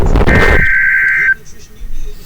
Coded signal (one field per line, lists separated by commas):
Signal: Emergency Alert System (SAME) tones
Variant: header bursts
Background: speech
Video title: EAS 27